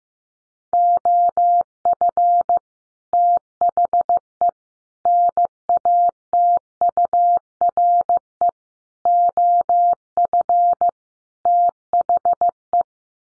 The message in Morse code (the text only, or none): OF THE NATURE OF THE